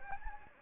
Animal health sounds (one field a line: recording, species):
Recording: mosquito wingbeat signal from an infrared sensor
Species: Anopheles gambiae